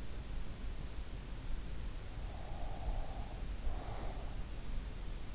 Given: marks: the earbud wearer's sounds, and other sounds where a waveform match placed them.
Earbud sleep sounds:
sounds in sleep by an in-ear microphone; breath
2.09-4.58 s: breath

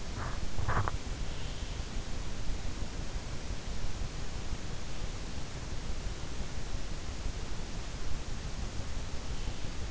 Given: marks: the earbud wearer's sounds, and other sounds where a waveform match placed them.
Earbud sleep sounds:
sounds in sleep by an in-ear microphone; teeth grinding
0.00-1.24 s: teeth grinding

